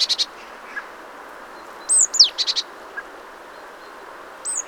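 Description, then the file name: Great tit calling: a brief buzzy rattle, then a high descending whistle leading into another short rattle, and a final whistle starting at the end. "Parus major"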